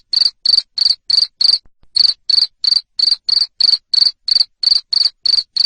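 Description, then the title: Cricket giving loud, high chirps at a quick, even pace, roughly three a second, broken once by a short gap. Loud cricket chirping played to make lovebirds sing continuously. "Suara JANGKRIK NGERIK Keras Bikin LOVEBIRD Jadi NGEKEK Terus Vubey"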